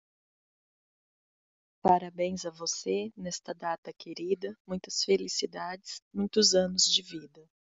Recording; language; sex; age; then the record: short text; Brazilian Portuguese; female; 30 to 39 years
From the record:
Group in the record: control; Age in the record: 38 years